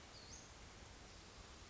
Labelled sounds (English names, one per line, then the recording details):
Western Flycatcher
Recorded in Sonoma County, California